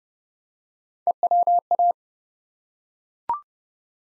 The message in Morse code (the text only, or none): EWA